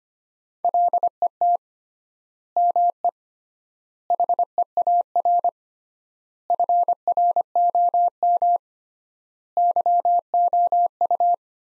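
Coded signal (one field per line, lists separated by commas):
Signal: Morse code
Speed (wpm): 25 wpm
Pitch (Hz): 700 Hz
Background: none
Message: LET ME HEAR FROM YOU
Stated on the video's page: Morse practice sentences built from the 400 most common words at 25 wpm with 3x standard word spacing, a word-level analogue of Farnsworth spacing.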